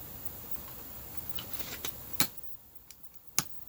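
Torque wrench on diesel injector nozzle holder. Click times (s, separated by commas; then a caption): 3.4 s. A torque wrench tightens a diesel injector nozzle assembly, clamped in a vise, from a 1993 Mercedes-Benz W140 to almost 80 Nm. Faint ratcheting ticks and small clacks around 1.4, 1.9, 2.2 and 2.9 seconds lead to a sharp, loud click at 3.4 seconds, as the wrench reaches its setting and the nozzle is torqued down.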